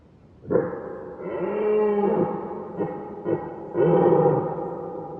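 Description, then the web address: Red deer roars: a sharp onset then a long harmonic moan, followed by short grunting bursts and a final loud bellow. Recorded at far distance. "fvtt-sonniss-gdc-audio red-deer-far-distance-ms"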